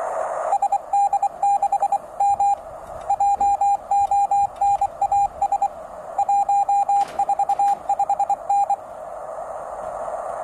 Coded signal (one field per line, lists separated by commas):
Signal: Morse code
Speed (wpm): 23 wpm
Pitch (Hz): 800 Hz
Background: none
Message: SD6M JONAS 145N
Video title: The new X5105 HF & 6 metres QRP transceiver by Xiegu